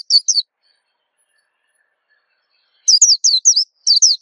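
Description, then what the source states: White-eye song: a few high chirps, a pause of over two seconds, then a lively run of quick, sweet descending notes. Sweet, long song.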